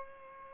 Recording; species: mosquito wingbeat signal from an infrared sensor; Culex pipiens